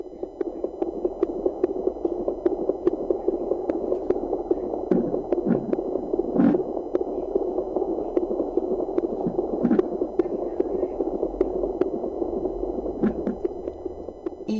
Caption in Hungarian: Magzati szívhangot, amit az ultrahang készülékeken keresztül a várandóság megállapításánál lehet hallani.